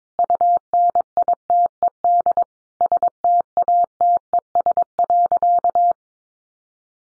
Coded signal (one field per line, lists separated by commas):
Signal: Morse code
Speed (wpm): 22 wpm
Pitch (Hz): 700 Hz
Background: none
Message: UNITED STATES.